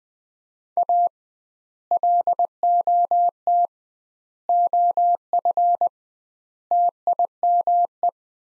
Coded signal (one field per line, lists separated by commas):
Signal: Morse code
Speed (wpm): 20 wpm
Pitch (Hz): 700 Hz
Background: none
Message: A LOT OF TIME